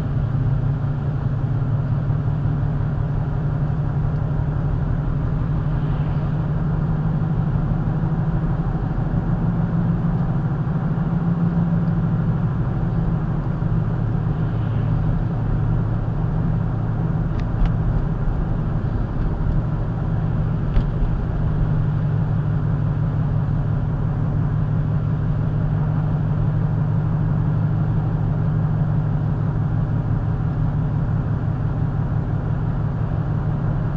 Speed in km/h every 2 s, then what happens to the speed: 47, 50, 52, 55, 56, 58, 56, 53, 55, 53, 52, 52, 52, 52, 52, 52, 53.
0-9 speeds up to 58. 9-34 steady at about 52.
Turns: none.